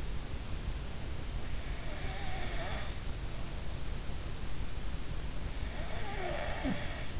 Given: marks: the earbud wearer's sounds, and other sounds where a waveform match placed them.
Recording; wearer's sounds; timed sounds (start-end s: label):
sounds in sleep by an in-ear microphone; snoring breath
1.69-3.99 s: snoring breath
5.71-7.14 s: snoring breath